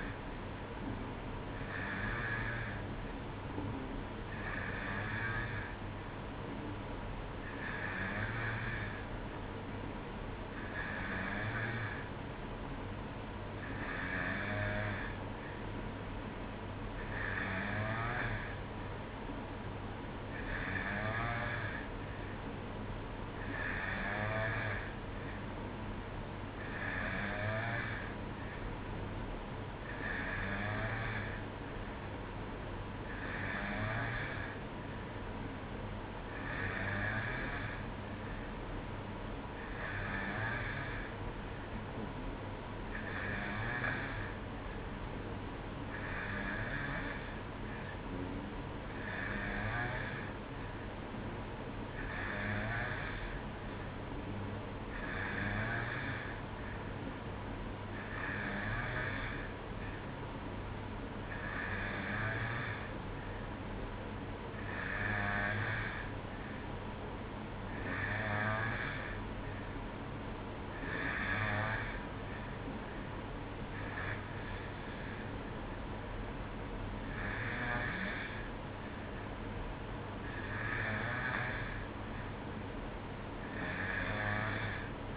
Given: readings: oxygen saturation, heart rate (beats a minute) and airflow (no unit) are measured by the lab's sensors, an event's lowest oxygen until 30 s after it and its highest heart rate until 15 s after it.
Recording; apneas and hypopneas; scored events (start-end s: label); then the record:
breathing in sleep by a voice recorder at the bedside; none
none scored
From the record:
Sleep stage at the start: N2 (light sleep); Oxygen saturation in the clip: 91 to 92%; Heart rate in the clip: 62 to 66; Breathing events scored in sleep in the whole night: 305 in 9.6 hours asleep